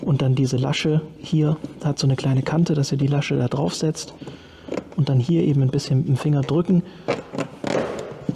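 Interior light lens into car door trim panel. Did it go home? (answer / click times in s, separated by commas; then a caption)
yes / 7.7 s, 8.3 s. Someone talks while the plastic lens and housing of an interior door light, now fitted with an LED, is hooked onto its tab on a small edge and pressed in with a finger into the rear passenger-side door trim panel of an Audi A6 C6 (S6 V10). Sharp snaps ring out at 7.7 s and 8.3 s as the lens clicks back into position and seats in the panel.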